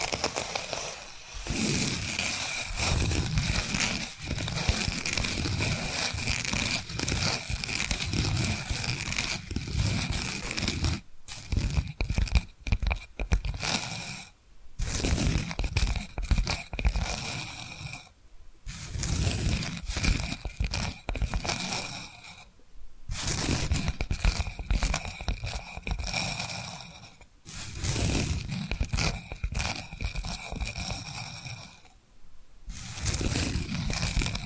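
Tapping and scratching sounds run in dense, grainy bursts of scraping and crunching, with a high, bright edge throughout. Brief near-silent pauses break the texture roughly every four to five seconds, around 11, 14, 18, 23, 27 and 32 seconds.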